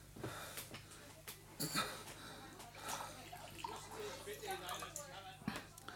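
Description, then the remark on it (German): Water splashes and gurgles as it is poured into a glass, a steady trickling stream broken by a few sharp clinks, over a low constant hum and some faint breathing. “Gib mir ein Glas Wasser, Winter.”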